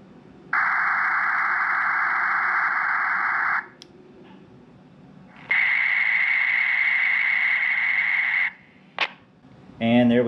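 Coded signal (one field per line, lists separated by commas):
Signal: data over sound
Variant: Ribbit (Rattlegram) OFDM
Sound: two three-second bursts of even, hiss-like data noise with squelch clicks between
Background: radio squelch noise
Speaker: I'm going to hit the transmit button once this phone's done transmitting I'm gonna let go of the Vox here that way the other radio can repeat her message back and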